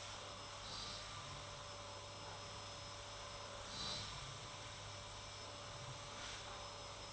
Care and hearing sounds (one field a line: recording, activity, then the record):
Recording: daily activity, microphone in the room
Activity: vacuum cleaning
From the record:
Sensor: 3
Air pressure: 991.8 hPa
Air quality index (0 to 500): 196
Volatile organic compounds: 1000 ppm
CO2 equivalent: 6627 ppm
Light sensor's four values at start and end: 32/95/38/33 and 32/95/38/33